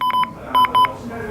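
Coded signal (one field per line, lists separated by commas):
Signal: beep code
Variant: carp fishing bite alarm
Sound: three short high electronic beeps in quick succession, with small clicks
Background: small indoor room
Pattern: 3 short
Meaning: Three quick beeps signal a run on the line, triggering the receiver's lights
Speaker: if you get 3 beeps in quick succession, it brings these lights on here at the front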